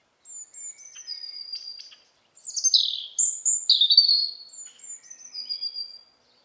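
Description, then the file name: European robin song in two phrases: sweet high whistled notes, then after a short pause a loud rushing cascade of trills and slurred warbles, then descending thin whistles to close. "Erithacus rubecula"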